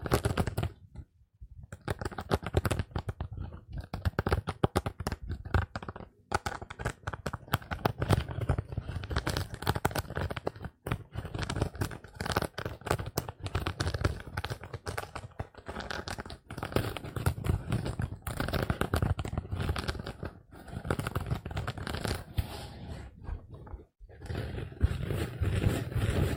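A sponge scrubs against a surface in quick, continuous strokes, a dense rough scratching that fills nearly all 26 seconds. The rubbing is heavy in the low end with a thin whistling tone above, broken by brief pauses near 1, 6, 10 and 24 seconds.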